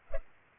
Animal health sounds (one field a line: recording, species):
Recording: mosquito wingbeat signal from an infrared sensor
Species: Culex pipiens